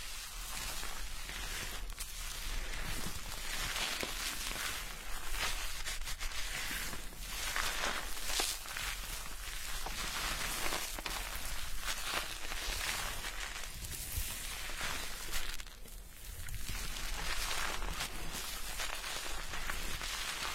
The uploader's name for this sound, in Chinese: 沉浸式洗头体验 & 头皮按摩